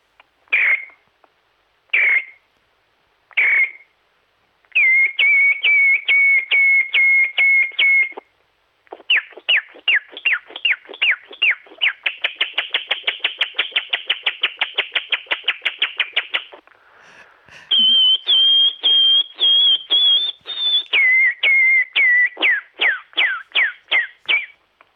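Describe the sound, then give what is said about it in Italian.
A person whistles an imitation of a nightingale's night song: a few isolated chirps, then steady high piping tones, long runs of rapid repeated notes and fluttering trills, loud and with no talking. “No, ti saluto con un canto di un usignolo di notte.”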